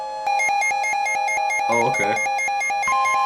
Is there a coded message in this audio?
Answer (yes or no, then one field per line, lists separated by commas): no